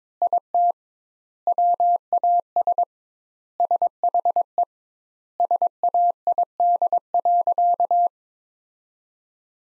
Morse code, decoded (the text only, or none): IT WAS SHE SAID.